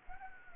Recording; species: mosquito wingbeat signal from an infrared sensor; Anopheles arabiensis